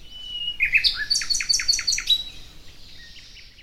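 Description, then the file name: Common nightingale song opening with clear whistles, then a fast train of loud chirping notes, followed by quieter trailing twitters. "Luscinia megarhynchos"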